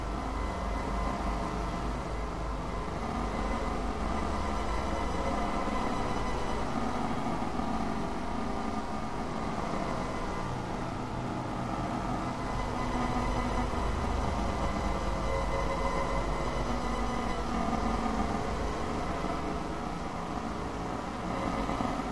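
A dense, steady rumble of digitally processed Niagara Falls water fills the whole clip, heavy in the low end with grumbling, groaning textures. Faint held tones ring through the middle, and the overall loudness stays nearly constant, like a continuous vehicle drone.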